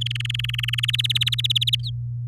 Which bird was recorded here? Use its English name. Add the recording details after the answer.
Domestic Canary. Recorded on 6 May 2018 at 08:16. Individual llb16